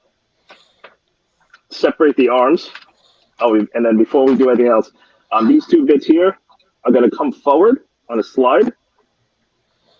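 Someone talks while handling a plastic transforming robot toy figure, preparing to slide two parts forward on a track until they click into their locked position. A few faint, brief handling taps come early, around 0.5 s and 0.9 s, before the talking takes over. Nothing has seated or clicked yet.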